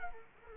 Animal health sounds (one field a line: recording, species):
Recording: mosquito wingbeat signal from an infrared sensor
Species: Culex quinquefasciatus